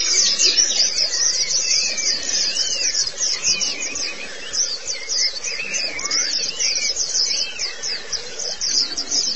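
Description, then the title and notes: White-eye song: sharp, high, rapid chirping phrases repeated over and over. Lower rising and falling whistles and a steady faint hum sound behind. "Suara kicauan burung pleci"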